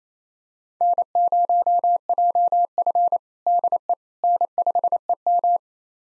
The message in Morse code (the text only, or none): N0JF DE N5EM